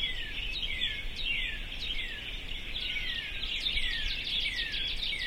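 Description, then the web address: Birds: bird chorus with clear downward-slurred whistles repeating over a dense bed of high chirping. "sounds djk sounds birds 0645 040905"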